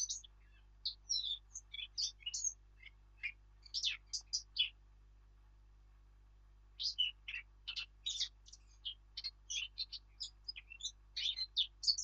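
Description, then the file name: Eurasian blackcap's busy warbling song: dense, chattering high notes in two long runs split by a short silence. "Sylvia atricapilla"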